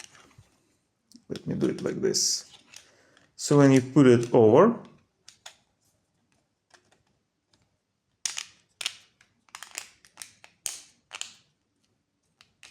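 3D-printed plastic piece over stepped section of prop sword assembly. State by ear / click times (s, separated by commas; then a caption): seated / 8.3 s, 10.7 s. Someone talks while a 3D-printed plastic piece is pushed over the stepped section of a Yamato cosplay prop sword assembly. After the talking, a run of sharp clicks and handling taps follows, with the loudest snaps at 8.3 s and 10.7 s. The piece snaps into place and is seated.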